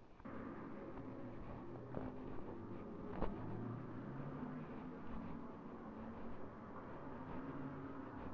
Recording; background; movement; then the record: deep breathing; traffic; walking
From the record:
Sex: female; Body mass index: 36.4 kg/m2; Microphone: on the chest, facing the body